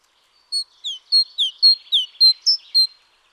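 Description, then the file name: Great tit call: nine high, clipped notes, several falling in pitch, in a brisk sequence. "Parus major"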